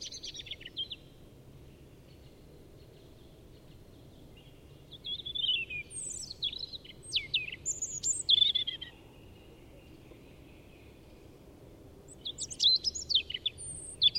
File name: Erithacus rubecula